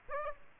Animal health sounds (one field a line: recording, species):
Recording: mosquito wingbeat signal from an infrared sensor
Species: Aedes aegypti